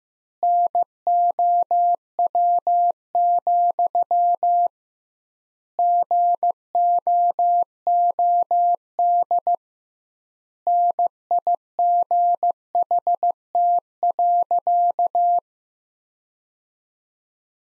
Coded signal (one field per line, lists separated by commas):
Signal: Morse code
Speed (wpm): 15 wpm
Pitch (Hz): 700 Hz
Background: none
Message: NOW, GOOD NIGHT.